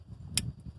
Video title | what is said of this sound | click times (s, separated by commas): 2009 Toyota Yaris Rear Drum Backing Plate Replacement | So you'll hear it click when you got it in place. | 0.4 s